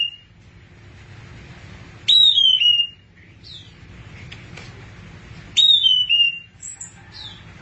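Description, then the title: Thrush song: a loud whistled phrase of several sliding notes that step downward, heard twice about three and a half seconds apart, with soft chirps between over a low hum. "burung anis x"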